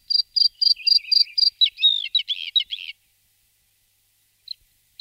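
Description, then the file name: Bluethroat song: six evenly spaced high ringing notes, then a quick varied twittering phrase, ending after three seconds; two faint single notes follow near the end. "pettazzurro"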